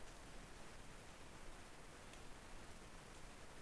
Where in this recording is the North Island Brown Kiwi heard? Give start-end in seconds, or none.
none